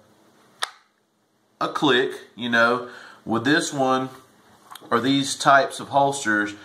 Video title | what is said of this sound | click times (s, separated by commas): Follow up...MIE Productions Light Bearing IWB Holster and Mag Carrier | not gonna get that trigger guard click you're going to get a click around the light okay | 0.6 s